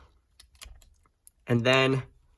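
A plastic peg on a Transformers Studio Series Gnaw transforming action figure is lined up with a hole in the base of the figure's foot, producing faint plastic taps and handling clicks between about 0.4 and 1.3 s, followed by someone talking. Nothing has snapped or seated into the foot yet.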